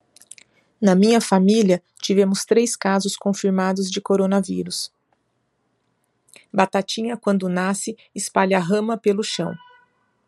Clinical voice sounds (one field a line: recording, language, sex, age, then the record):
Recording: short text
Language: Brazilian Portuguese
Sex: female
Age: 40 to 49 years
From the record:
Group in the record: control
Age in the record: 47 years